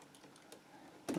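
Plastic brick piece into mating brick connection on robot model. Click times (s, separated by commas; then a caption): 1.1 s. Two plastic brick pieces of a 2018 Cybertron Optimus Prime BWTMT Brickworks Fans Choice transforming robot model are pushed together, with a few faint ticks before a sharp click at 1.1 s. The pieces seat and connect.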